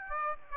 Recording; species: mosquito wingbeat signal from an infrared sensor; Aedes aegypti